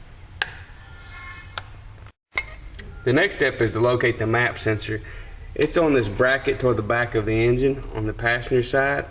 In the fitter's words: and the sensor till until it clicks that's way you know it's snap for sure